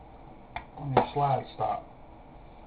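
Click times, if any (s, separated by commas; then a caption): 0.6 s. The metal slide stop lever of a Glock pistol is fitted into the frame during a detailed strip and reassembly, giving a single short, sharp click at 0.6 s. Someone talks just after. The slide stop lever seats home.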